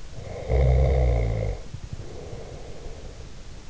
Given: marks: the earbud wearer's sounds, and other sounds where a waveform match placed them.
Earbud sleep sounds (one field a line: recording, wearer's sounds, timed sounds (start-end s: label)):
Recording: sounds in sleep by an in-ear microphone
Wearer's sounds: snoring breath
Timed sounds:
0.12-3.27 s: snoring breath